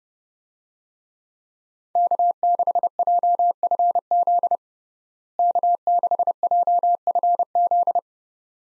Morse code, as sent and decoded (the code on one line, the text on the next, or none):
-.- -.... .--- ..-. --.. / -.- -.... .--- ..-. --..
K6JFZ K6JFZ